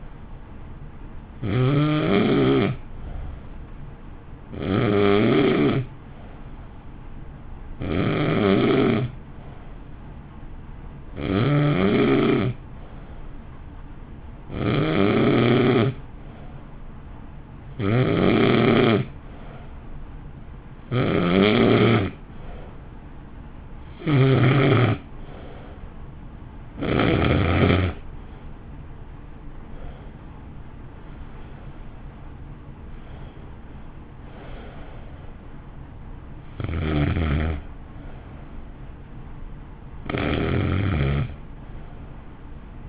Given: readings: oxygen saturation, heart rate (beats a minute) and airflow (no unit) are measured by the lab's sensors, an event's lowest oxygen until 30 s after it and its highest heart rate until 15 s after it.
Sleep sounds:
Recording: breathing in sleep by a smartphone at the bedside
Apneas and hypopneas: 1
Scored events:
13.00-32.30 s: hypopnea (N2, oxygen 89% highest, then 88% lowest, heart rate 54 at the start, 59 highest)
From the record:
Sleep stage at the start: N2 (light sleep)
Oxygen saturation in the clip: 88 to 90%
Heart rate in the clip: 53 to 59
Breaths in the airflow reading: 14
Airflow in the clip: -1.0 to 1.1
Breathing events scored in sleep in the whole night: 328 in 6.3 hours asleep

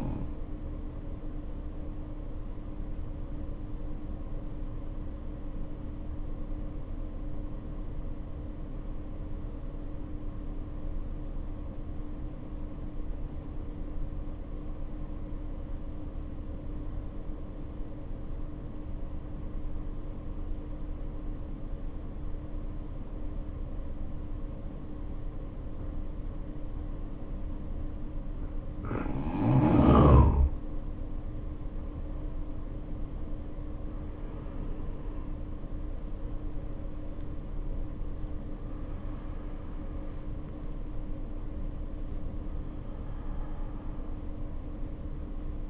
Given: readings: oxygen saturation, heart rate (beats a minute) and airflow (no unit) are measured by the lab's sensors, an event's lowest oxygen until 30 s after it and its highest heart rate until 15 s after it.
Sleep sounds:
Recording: breathing in sleep by a smartphone at the bedside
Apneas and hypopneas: 1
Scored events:
8.00-30.70 s: obstructive apnea (N1, oxygen 93% highest, then 73% lowest, heart rate 53 at the start, 76 highest)
From the record:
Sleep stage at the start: N1 (lightest sleep)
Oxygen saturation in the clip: 75 to 93%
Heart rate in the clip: 49 to 76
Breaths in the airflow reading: 5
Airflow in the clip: -8.9 to 10.3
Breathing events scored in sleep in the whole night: 520 in 7.2 hours asleep

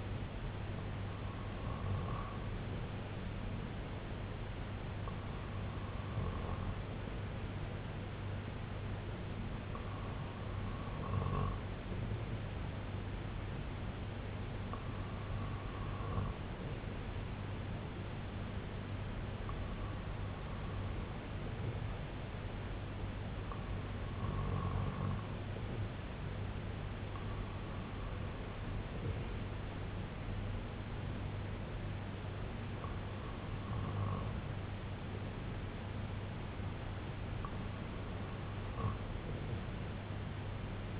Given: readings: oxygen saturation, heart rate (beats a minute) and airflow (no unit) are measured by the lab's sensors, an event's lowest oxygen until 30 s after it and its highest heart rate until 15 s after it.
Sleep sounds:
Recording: breathing in sleep by a voice recorder at the bedside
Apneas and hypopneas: none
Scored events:
none scored
From the record:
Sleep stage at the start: REM sleep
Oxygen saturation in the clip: 94 to 95%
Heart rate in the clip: 56 to 67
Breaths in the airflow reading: 9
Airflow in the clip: -5.1 to 2.8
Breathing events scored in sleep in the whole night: 258 in 7.4 hours asleep

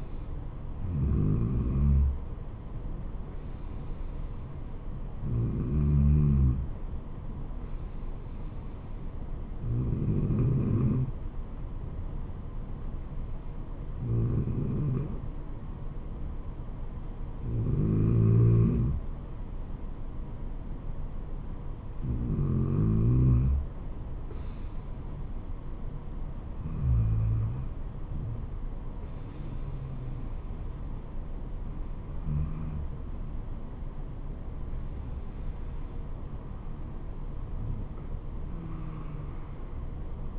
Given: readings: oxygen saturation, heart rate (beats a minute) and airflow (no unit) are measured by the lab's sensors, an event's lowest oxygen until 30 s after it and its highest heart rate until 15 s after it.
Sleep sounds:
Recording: breathing in sleep by a smartphone at the bedside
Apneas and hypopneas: none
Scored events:
none scored
From the record:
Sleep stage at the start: N2 (light sleep)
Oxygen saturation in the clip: 93 to 94%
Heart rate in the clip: 62 to 76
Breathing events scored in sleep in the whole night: 426 in 7.4 hours asleep

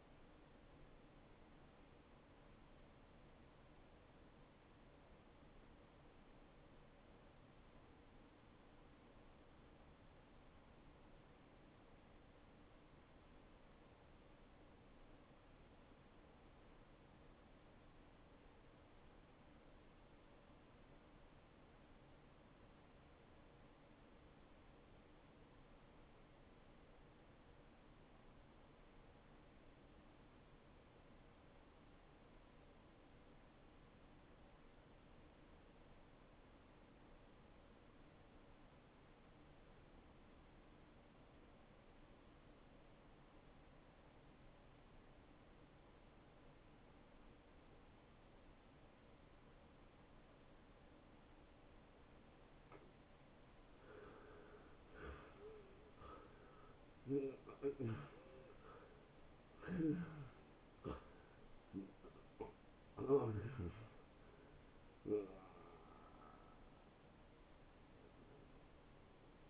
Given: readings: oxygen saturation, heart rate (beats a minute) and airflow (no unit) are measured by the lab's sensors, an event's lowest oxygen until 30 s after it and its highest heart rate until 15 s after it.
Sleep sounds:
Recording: breathing in sleep by a voice recorder at the bedside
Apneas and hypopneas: 1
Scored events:
10.00-52.90 s: obstructive apnea (N1, oxygen 91% highest, then 81% lowest)
27.00-57.00 s: new sleep stage, N2 (light sleep)
57.00-69.50 s: new sleep stage, N1 (lightest sleep)
From the record:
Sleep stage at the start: N1 (lightest sleep)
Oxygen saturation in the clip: 81 to 91%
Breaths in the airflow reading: 7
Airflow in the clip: -20.6 to 10.4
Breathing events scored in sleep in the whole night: 263 in 5.5 hours asleep

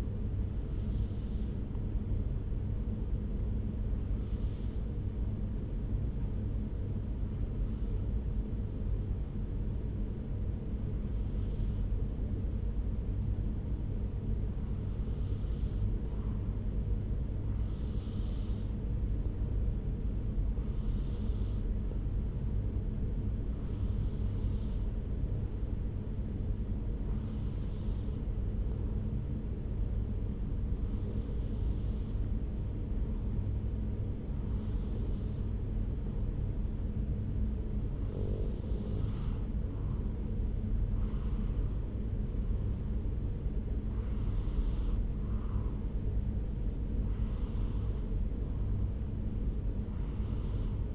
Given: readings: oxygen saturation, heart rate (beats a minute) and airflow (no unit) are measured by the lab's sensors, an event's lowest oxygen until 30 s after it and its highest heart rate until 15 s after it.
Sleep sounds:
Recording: breathing in sleep by a smartphone at the bedside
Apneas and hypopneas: 1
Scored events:
10.00-43.60 s: hypopnea (N2, oxygen 95% highest, then 93% lowest)
49.00-50.95 s: new sleep stage, N1 (lightest sleep)
From the record:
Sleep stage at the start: N2 (light sleep)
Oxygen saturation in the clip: 93 to 95%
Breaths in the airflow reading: 15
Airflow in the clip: -3.0 to 3.0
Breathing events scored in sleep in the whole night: 335 in 6.7 hours asleep

